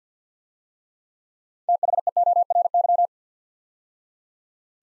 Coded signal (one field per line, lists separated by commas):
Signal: Morse code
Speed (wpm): 46 wpm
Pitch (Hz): 700 Hz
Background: none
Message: THEORY